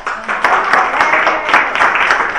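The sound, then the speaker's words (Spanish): An audience applauds steadily for a singer about to perform, many hands clapping at once in a dense, crackling wash that stays loud and even for a couple of seconds, with no one speaking over it. “Y ahora, para descansar un poquito, quiero pedir un fuerte aplauso a nuestra amiga que nos va a cantar en esta ocasión.”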